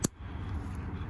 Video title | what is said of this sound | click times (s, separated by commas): Ford Transit Connect - How to Remove and Replace Crankshaft Sensor | you hear it click right up it's | 0.1 s